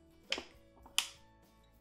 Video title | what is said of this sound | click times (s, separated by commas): Ninja Professional Series 1100W Review & Easy Fruit Smoothie Recipe! | twisted I hear that click that means it is ready | 1.0 s